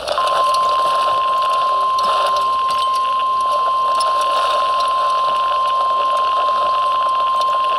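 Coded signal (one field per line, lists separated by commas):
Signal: Emergency Alert System (SAME) tones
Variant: 1050 Hz attention tone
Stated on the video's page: Weather radio severe thunderstorm warning recorded with heavy wind background noise.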